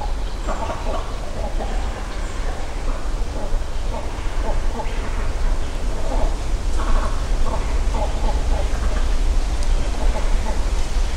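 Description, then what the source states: Great cormorants croaking in short, throaty pulsed phrases against a continuous deep background rumble. Nesting colony high in trees along Yasugawa river, Ritto City, Shiga Prefecture, Japan; Sony PCM-M10 recorder with small omnidirectional mics tied to a tree.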